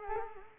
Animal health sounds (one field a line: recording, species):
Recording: mosquito wingbeat signal from an infrared sensor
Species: Culex quinquefasciatus